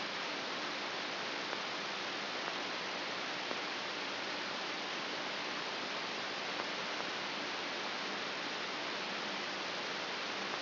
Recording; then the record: brain microelectrode recording played as sound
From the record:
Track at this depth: outside the subthalamic nucleus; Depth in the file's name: 6.414 mm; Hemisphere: left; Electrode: 3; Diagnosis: Parkinson's disease